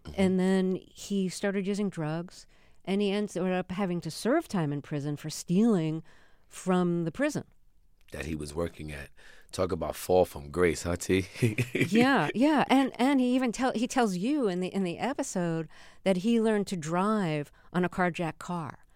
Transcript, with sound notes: And then he started using drugs, and he ends up having to serve time in prison for stealing from the prison...
...That he was working at. Talk about fall from grace, huh, T? (Laughter).
Yeah, yeah. And he even tell - he tells you in the episode that he learned to drive on a carjacked car.